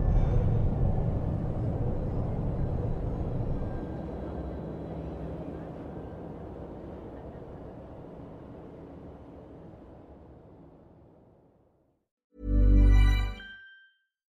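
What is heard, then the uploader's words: Futuristic city ambience: a dense, low, vehicle-like rumble with a faint hiss above it, slowly fading out over about twelve seconds. After a brief silence, a loud, bright, buzzing burst rises sharply near the thirteenth second and cuts off quickly. Futuristic city ambience.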